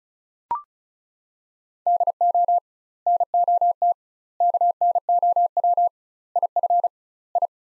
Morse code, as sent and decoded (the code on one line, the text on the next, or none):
-.. --- / -. --- - / -.- -. --- .-- / .. ..-. / ..
DO NOT KNOW IF I